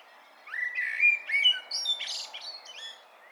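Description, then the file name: Common blackbird gives a single rising fluted phrase that breaks into high, thin twittering notes over a faint hiss. "Turdus merula"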